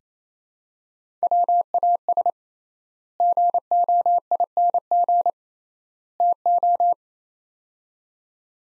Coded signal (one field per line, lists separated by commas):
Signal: Morse code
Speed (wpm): 28 wpm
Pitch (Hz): 700 Hz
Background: none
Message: WAS GOING TO